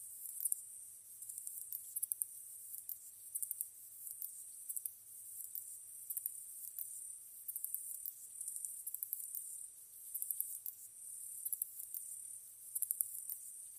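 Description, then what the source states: Katydid song: repeated very high ticking bursts over a continuous high, buzzy hiss. Recorded 15 August 2010 at 22:07.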